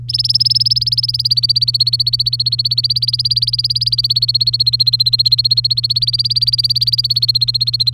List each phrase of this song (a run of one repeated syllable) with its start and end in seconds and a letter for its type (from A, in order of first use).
0.09-7.94 A